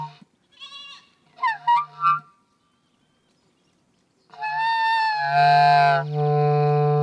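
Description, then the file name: Goat kid bleating in a few short high bursts, then after a pause a long, loud, lower-pitched drawn-out bleat that swells and holds to the end. Young goat kid, recorded at Vori, Karidi, Crete, on 23 May 2018, with an external microphone. "Kriti Vor Karidi Zicklein"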